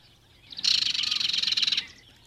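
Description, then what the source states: Barred Warbler rattle: a dry, harsh chattering rattle of rapid, evenly pulsed notes lasting just over a second, starting abruptly. Rattling call, needed for sure identification; no other Finnish warblers give such a rattle.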